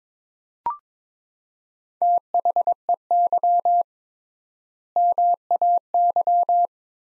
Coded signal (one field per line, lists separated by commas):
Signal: Morse code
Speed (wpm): 22 wpm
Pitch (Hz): 700 Hz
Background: none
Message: THEY MAY